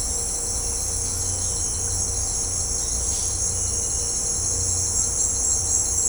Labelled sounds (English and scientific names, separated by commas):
none